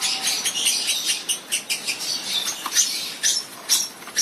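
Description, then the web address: Fischer's lovebird chattering in quick, uneven bursts of piercing high squeaks and scratchy twitters, pausing briefly between groups. Lovebirds, genus Agapornis, singing. "golosa ptic kak poyut popugai nerazlucniki agapornis. parrots agapornis-fischeri"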